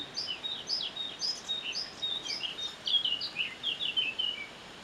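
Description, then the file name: Eurasian blackcap warbling steadily, quick varied high chirps and slurred whistles, rising and falling in short bursts throughout, faint background hiss. "Sylvia atricapilla"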